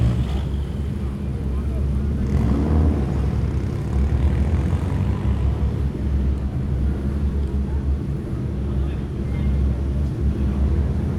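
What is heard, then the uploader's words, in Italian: A small town square with a steady, dense low rumble of traffic and engines, filling the bottom of the sound throughout. Indistinct voices murmur over it, with a somewhat louder stretch of talk around two to three seconds in. Die Quelle der absurden Autos war la Piazza Piccola di Sassuolo. Hab' ich also dort die startenden Autos aufgenommen und gestaunt, wie unterschiedlich die doch klingen.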